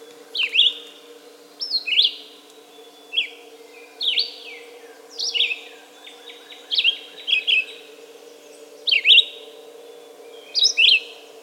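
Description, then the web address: Red-eyed vireo singing short, slurred whistled phrases about every one to one and a half seconds, with a steady low hum underneath. "2018 10 red-eyed vireo song by jonathon jongsma"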